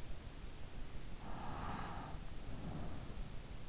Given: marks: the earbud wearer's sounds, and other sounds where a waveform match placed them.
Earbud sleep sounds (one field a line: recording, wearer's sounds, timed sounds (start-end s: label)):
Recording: sounds in sleep by an in-ear microphone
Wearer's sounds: breath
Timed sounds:
1.15-3.60 s: breath